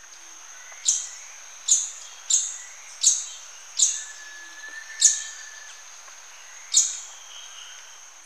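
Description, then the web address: Scaly-throated foliage-gleaner calling with sharp, high, abrupt notes at uneven intervals over a steady high insect whine. Recorded in Ecuador. "Birds of Ecuador. Scaly-throated Foliage-gleaner"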